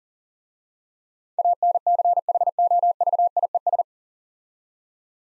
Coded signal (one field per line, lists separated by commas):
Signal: Morse code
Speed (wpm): 43 wpm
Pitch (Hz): 700 Hz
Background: none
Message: ANCHOVIES